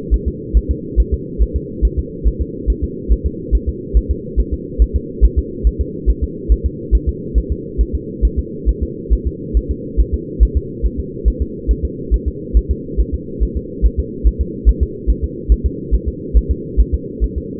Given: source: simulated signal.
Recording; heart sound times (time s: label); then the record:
fetal heart sounds
0.14 s: S1
0.28 s: S2
0.57 s: S1
0.71 s: S2
1.00 s: S1
1.14 s: S2
1.42 s: S1
1.56 s: S2
1.85 s: S1
1.99 s: S2
2.28 s: S1
2.41 s: S2
2.70 s: S1
2.84 s: S2
3.12 s: S1
3.26 s: S2
3.55 s: S1
3.69 s: S2
3.97 s: S1
4.11 s: S2
4.40 s: S1
4.54 s: S2
4.82 s: S1
4.96 s: S2
5.25 s: S1
5.39 s: S2
5.67 s: S1
5.81 s: S2
6.10 s: S1
6.23 s: S2
6.52 s: S1
6.66 s: S2
6.95 s: S1
7.09 s: S2
7.38 s: S1
7.52 s: S2
7.81 s: S1
7.95 s: S2
8.25 s: S1
8.39 s: S2
8.69 s: S1
8.83 s: S2
9.13 s: S1
9.27 s: S2
9.57 s: S1
9.71 s: S2
10.00 s: S1
10.14 s: S2
10.43 s: S1
10.57 s: S2
10.86 s: S1
11.00 s: S2
11.28 s: S1
11.42 s: S2
11.71 s: S1
11.85 s: S2
12.14 s: S1
12.28 s: S2
12.57 s: S1
12.71 s: S2
13.00 s: S1
13.14 s: S2
13.43 s: S1
13.57 s: S2
13.86 s: S1
14.00 s: S2
14.27 s: S1
14.41 s: S2
14.69 s: S1
14.83 s: S2
15.10 s: S1
15.24 s: S2
15.52 s: S1
15.66 s: S2
15.94 s: S1
16.08 s: S2
16.37 s: S1
16.51 s: S2
16.80 s: S1
16.94 s: S2
17.24 s: S1
17.38 s: S2
From the record:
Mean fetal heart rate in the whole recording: 140 bpm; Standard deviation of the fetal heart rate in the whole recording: 2 bpm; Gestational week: 34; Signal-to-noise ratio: -4.1 dB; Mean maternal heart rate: no maternal heart sound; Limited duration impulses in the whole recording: absent